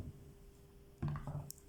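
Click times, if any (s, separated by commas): 1.5 s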